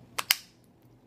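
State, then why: Seated. A magazine is inserted into a small polymer-framed CM9 compact pistol, with a sharp first click at 0.2 s and then a louder, brighter click at 0.3 s as the catch locks. The magazine is seated securely in the gun.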